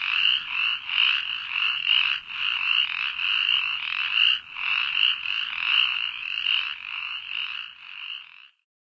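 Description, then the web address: Spotted chorus frog giving raspy, pulsed trills in quick repeated bursts, stopping abruptly near the end. Recorded in North America. "Songs of Frogs Toads of North America. Spotted Chorus Frog"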